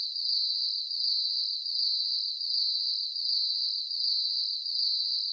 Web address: Sound Effects-Blast Wave SSFX Crickets. ambience crickets chirps night insects bugs surround sound